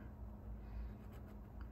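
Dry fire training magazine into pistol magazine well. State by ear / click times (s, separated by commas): not seated / none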